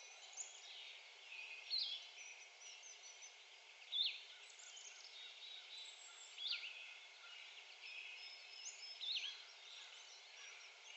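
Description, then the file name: Blue-headed vireo singing brief sweet slurred phrases about every two to three seconds, over steady background noise. Recorded 1 May 2020. "2020-05-01 Blue-headed Vireo"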